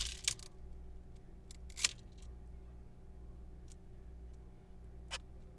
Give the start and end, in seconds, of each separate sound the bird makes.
5.11-5.18